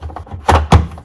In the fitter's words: and it clicks in place